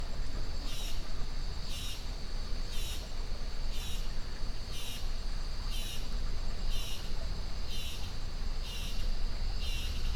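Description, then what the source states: Insect chatter in high pulsed bursts swelling regularly about once a second, layered over a continuous insect drone and a deep steady rush of river water. Insect chatter swelling in Costa Rica jungle rainforest beside a river at 06:32 AM; recorded with a Holophone.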